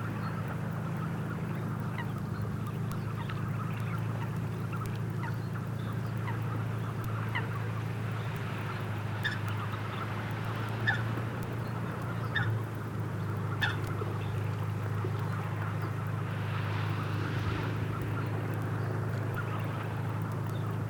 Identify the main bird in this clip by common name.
Tufted Duck